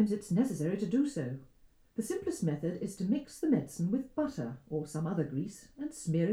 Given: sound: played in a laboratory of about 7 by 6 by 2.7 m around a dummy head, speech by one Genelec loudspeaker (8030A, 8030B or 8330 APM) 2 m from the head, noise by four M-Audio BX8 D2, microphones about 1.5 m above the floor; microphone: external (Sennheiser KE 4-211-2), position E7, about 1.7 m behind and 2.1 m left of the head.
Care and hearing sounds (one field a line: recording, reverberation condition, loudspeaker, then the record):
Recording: female speech in English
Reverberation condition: low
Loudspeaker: 120 degrees to the left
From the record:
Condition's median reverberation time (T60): about 310 ms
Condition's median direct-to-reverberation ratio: about 3.5 dB